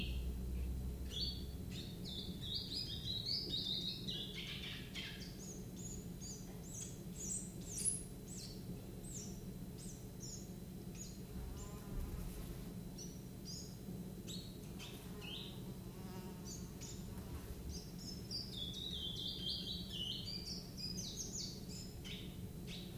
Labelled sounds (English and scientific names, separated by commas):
Willow Warbler (Phylloscopus trochilus)